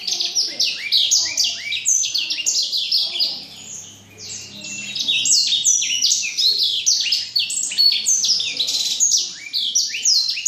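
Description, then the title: Black-throated canary song, dense rapid warbling of slurred high whistles, briefly softening midway before returning at full strength. Exceptional black-throated canary from Jombang. "Burung blackthroat Istimewa dari Jombang"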